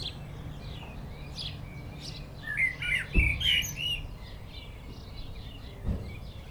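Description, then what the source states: Common blackbird song, a brief phrase of fluty notes midway, with fainter high chirps before it and a couple of low thumps. Perched atop a tree, singing in Châtillon village, Chindrieux, France; Zoom H4n Pro recorder standing on the ground.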